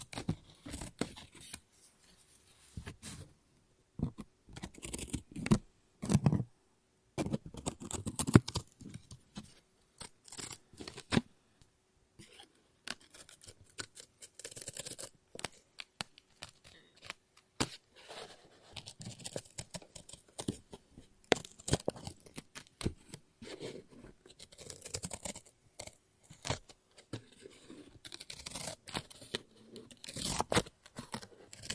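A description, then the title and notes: Scissors snip and cut through paper in quick, irregular bursts, each snip a short, crisp click with a papery rustle. Dense clusters come around 5–8 seconds and again near 15 and 25 seconds, separated by brief quiet pauses. No voices are heard. ASMR Scissors No Talking Snips and Cutting Paper.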